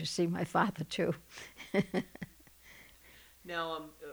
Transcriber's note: she laughs